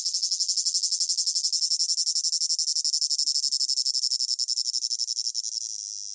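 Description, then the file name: Cicada producing a shrill pulsing buzz, steady for most before fading into an even whine. Recorded close up; rhythmic chirping in long phrases with a piercing whine. "gain walkers CICADA Close Up Rhythmic Chirping Long Phrases Piercing Whine"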